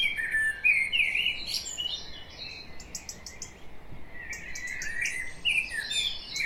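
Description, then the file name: Common blackbird giving chattering warbled notes, a loud opening burst, a quieter middle, then another busy run of sliding phrases and high ticks near the end. "Turdus merula"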